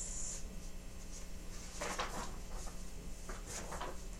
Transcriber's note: turning pages throughout